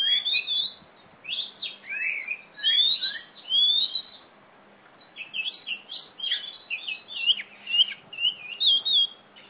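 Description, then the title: Oriental magpie-robin song: two energetic bursts of varied whistled and buzzy slurred notes separated by a short pause, against quiet background hiss. Female competition bird from East Java, a national first-place champion; described as gacor (singing constantly), fighting type, black, poci. "Kacer Juara 1 Nasional gacor kacer juara nasional jawa timur kacer tarung betina poci gacor hitam"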